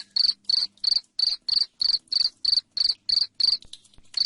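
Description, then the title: Cricket chirping with sharp high trills repeated at about three per second, then a short pause before it resumes. Loud cricket chirping (jangkrik ngerik), used to make lovebirds sing ngekek continuously. "Suara JANGKRIK NGERIK Keras Bikin LOVEBIRD Jadi NGEKEK Terus Vubey"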